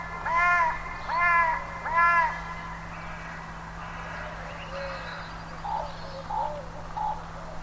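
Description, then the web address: Bird calls: three loud, arching harmonic calls at the start, then quieter scattered notes and short soft calls near the end over a steady low hum. "cianscape birddata 2025 Bird Only"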